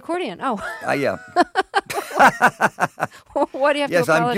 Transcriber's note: laughter